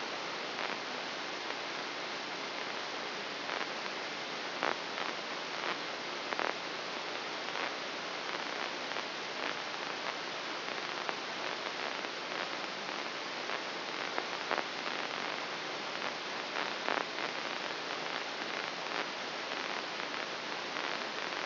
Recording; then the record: brain microelectrode recording played as sound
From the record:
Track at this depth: inside the subthalamic nucleus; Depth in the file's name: 3.712 mm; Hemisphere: left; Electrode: 3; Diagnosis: Parkinson's disease